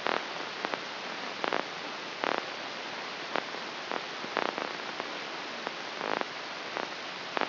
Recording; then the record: brain microelectrode recording played as sound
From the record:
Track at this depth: inside the subthalamic nucleus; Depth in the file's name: 1.937 mm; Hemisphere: left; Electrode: 3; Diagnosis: Parkinson's disease